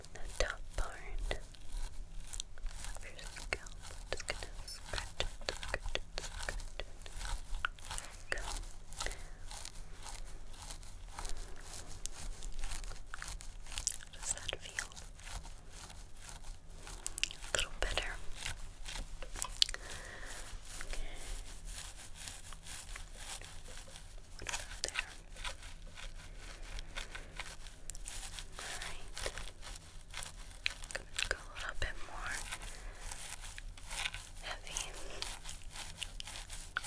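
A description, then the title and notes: Head massage and hair brushing: a dense, continuous stream of scratchy, crinkly strokes that repeat quickly and irregularly throughout. The bristly rubbing stays fairly even in loudness over the whole 37 seconds, with a faint low steady hum underneath. Head Massage & Hair Brushing.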